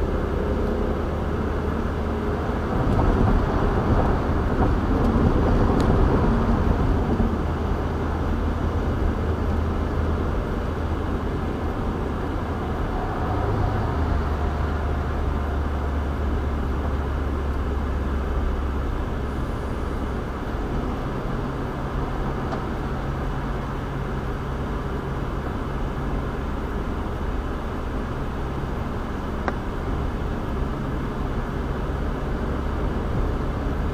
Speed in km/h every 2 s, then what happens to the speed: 95, 97, 97, 97, 98, 98, 97, 90, 87, 84, 82, 85, 85, 85, 85, 87, 92.
0-10 steady at about 97. 10-18 slows to 84. 18-34 steady at about 85.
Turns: none.